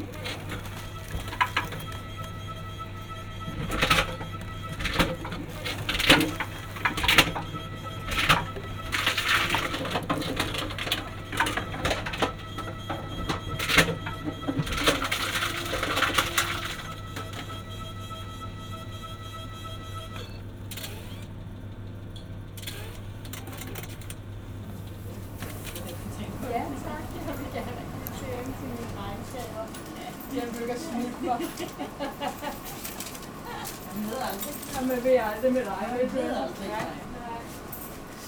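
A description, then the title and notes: Plastic bottles are returned at a supermarket recycling machine, with a steady low machine hum running for the first thirty seconds. Frequent clattering knocks and rattles of bottles come in bursts, then the hum stops and softer rustling, shuffling and faint voices continue to the end. Recorded in Copenhagen, Denmark. Returning PET bottles to the Supermarket for recycling.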